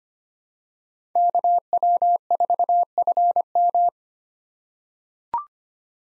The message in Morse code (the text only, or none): KW4FM